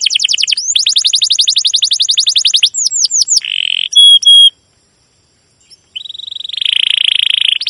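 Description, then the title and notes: Domestic canary song opening with a long series of quick sweeping chirps, then a buzzy phrase, sharp whistles, a short pause and a rolling trill. Domestic canary with long, energetic chirping song, used as a lure recording to train and tutor young canaries learning song. "CUIT CUIT NGEROL LANGSUNG GACOR PANJANG Kenari Ini AMPUH Utk Pancingan KENAR. PANCINGAN Kenari GACOR PANJANG Cuit CUIT EMOSI ini AMPUH utk MASTERAN Kenari PAUD belajar BUNYI. burung kenari"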